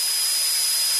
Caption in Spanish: El acúfeno o tinnitus, ¿no? De gente que oye un ruido. Hay muchos tipos de tinnitus.